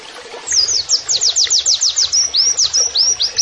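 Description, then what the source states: White-eye song: a quick series of high, sharp, downslurred whistled notes, about six per second, ending in a few upslurred notes. Training (masteran) audio with canary-like song phrases, in the style called 'nembak kenarian'.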